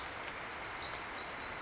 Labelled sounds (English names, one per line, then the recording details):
Bewick's Wren
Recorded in Sonoma County, California